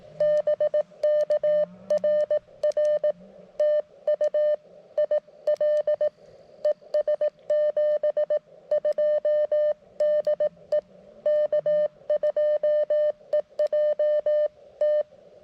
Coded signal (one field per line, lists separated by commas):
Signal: Morse code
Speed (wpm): 18 wpm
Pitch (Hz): 590 Hz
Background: none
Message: BK RR TU IL ES 72 DE K2EJT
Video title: CW POTA at Oakely Corners State Forest with the CFT-1